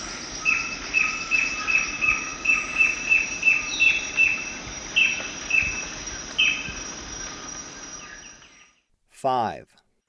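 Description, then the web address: Yellow-billed jacamar giving a rapid series of short, high, sharp notes, several per second, over a steady high insect drone; a brief lower sweeping sound near the end. Recorded in the eastern lowlands of South America. "Natures Songs S America Eastern Lowlands. Yellow-billed Jacamar"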